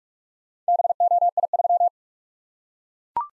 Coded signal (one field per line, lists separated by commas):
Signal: Morse code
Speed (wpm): 44 wpm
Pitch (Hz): 700 Hz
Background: none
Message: BOI3